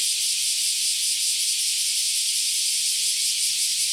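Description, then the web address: Cicada singing, a dense hissing high-pitched buzz held without a break for the whole short stretch, with a faint flutter in its texture. Recorded 31 July 2020 at 07:38. "arpla 自然音研究室"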